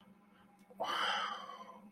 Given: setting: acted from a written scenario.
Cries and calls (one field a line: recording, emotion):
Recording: vocal sound without words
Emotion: romantic love